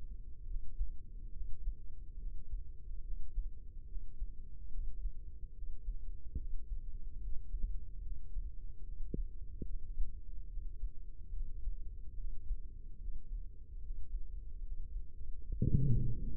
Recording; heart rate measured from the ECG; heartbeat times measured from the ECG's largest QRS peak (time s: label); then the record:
heart sounds by microphone in the left ear; 72 bpm
0.46 s: heartbeat
1.32 s: heartbeat
2.18 s: heartbeat
3.03 s: heartbeat
3.87 s: heartbeat
4.70 s: heartbeat
5.53 s: heartbeat
6.36 s: heartbeat
7.19 s: heartbeat
8.02 s: heartbeat
8.83 s: heartbeat
9.65 s: heartbeat
10.48 s: heartbeat
11.32 s: heartbeat
12.16 s: heartbeat
12.99 s: heartbeat
13.81 s: heartbeat
14.62 s: heartbeat
15.42 s: heartbeat
16.21 s: heartbeat
From the record:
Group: healthy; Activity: breath hold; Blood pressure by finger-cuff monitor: 113/67 mmHg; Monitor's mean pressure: 80 mmHg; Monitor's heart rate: 72 bpm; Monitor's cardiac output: 6.2 L/min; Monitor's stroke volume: 86 mL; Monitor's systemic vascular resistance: 940 dyn s/cm5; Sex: female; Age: 22 years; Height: 160 cm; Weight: 63 kg